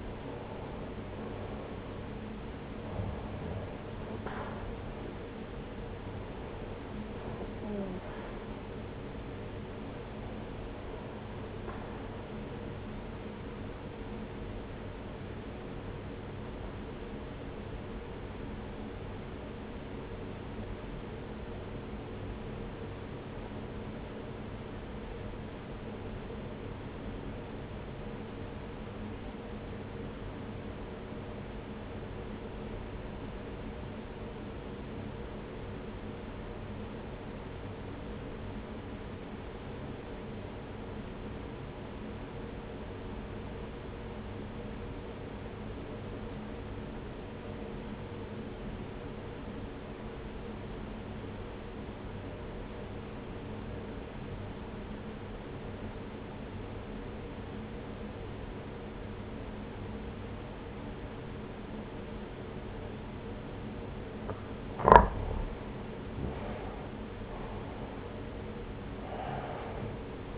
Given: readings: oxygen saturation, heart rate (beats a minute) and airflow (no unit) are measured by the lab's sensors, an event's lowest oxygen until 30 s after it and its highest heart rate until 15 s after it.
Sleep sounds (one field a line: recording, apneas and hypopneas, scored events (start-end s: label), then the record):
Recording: breathing in sleep by a voice recorder at the bedside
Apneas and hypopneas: 1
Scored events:
18.00-65.60 s: obstructive apnea (REM, oxygen 96% highest, then 79% lowest)
From the record:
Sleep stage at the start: REM sleep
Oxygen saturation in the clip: 81 to 96%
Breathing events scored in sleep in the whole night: 303 in 8.1 hours asleep